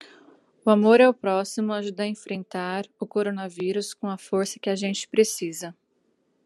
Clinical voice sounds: spoken sentence; Brazilian Portuguese; female; 30 to 39 years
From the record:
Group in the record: control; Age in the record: 30 years

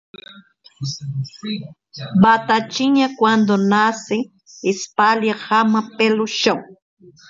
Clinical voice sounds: short text; Brazilian Portuguese; female; 50 to 59 years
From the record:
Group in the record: control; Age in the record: 59 years

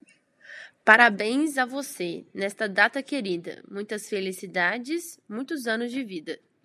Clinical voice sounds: short text; Brazilian Portuguese; female; 20 to 29 years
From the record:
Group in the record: control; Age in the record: 29 years

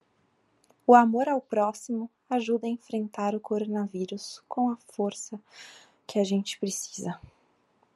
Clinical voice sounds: spoken sentence; Brazilian Portuguese; female; 30 to 39 years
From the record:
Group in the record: control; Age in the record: 31 years

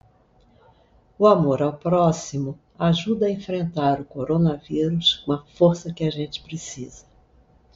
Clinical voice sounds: spoken sentence; Brazilian Portuguese; female; 70 to 79 years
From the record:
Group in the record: control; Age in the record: 73 years

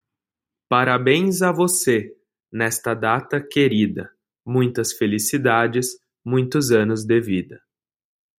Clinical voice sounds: short text; Brazilian Portuguese; male; 20 to 29 years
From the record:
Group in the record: control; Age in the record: 20 years

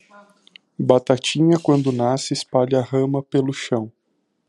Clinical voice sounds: short text; Brazilian Portuguese; male; 30 to 39 years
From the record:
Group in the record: control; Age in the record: 33 years

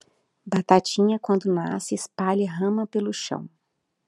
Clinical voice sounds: short text; Brazilian Portuguese; female; 30 to 39 years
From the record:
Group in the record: control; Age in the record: 38 years

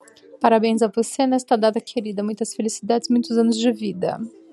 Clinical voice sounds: short text; Brazilian Portuguese; female; 40 to 49 years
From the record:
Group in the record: control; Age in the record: 46 years

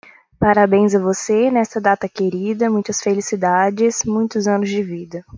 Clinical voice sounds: short text; Brazilian Portuguese; female; 20 to 29 years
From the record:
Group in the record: control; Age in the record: 23 years

